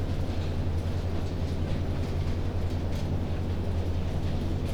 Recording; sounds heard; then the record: poultry house recording; no chicken sound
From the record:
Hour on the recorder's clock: 22